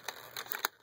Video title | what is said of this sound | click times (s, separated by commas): DollFamily - A 63cm Boy Body (2nd Gen Body) review | it clicks back in place. | 0.6 s